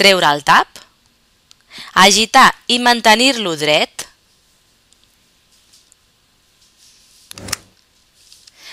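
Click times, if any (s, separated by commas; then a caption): 7.5 s. Someone talks while an Easyhaler multidose dry powder inhaler, with its cap removed and after being shaken, is held upright. The plastic dosing button is pressed down and gives a sharp click at 7.5 s, then is released to load a dose.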